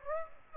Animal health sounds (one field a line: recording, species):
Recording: mosquito wingbeat signal from an infrared sensor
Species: Aedes aegypti